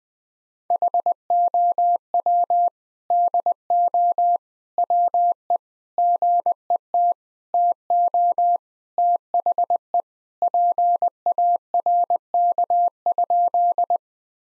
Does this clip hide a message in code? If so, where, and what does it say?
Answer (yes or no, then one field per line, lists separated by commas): yes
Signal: Morse code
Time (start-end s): 0.7-14.0 s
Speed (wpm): 20 wpm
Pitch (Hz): 700 Hz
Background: none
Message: HOW DO WE GET TO THE PARK?